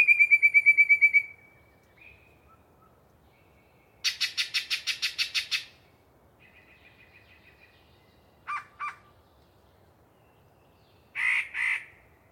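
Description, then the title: Yellow-breasted chat singing a jumble of disjointed phrases: rapid chattering series, a loud harsh rattle, paired squawks and a double burst, with pauses between. Long pre-dawn singing bout by a particularly chatty bird in deciduous cover. "A Very Chatty Yellow-breasted Chat"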